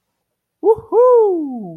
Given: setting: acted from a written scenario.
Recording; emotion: vocal sound without words; triumph